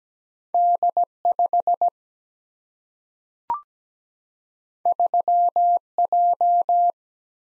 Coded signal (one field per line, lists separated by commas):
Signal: Morse code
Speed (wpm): 17 wpm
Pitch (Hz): 700 Hz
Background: none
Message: D 5 3 J